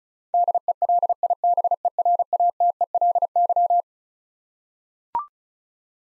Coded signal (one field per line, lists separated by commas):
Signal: Morse code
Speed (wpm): 36 wpm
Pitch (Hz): 700 Hz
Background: none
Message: DELIBERATELY